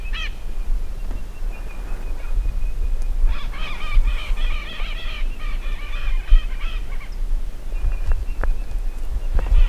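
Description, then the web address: Bird calls: a short burst of harsh, stacked notes in the middle, a faint steady tone before and after, and low rumbling background noise. "BIRD 2015 SABIOD 50 bird 2015"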